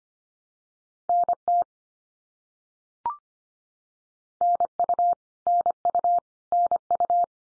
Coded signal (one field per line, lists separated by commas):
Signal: Morse code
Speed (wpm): 25 wpm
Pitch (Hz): 700 Hz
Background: none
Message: NT NU NU NU